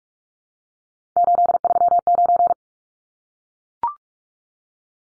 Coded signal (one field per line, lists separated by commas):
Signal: Morse code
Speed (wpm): 44 wpm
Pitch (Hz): 700 Hz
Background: none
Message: 839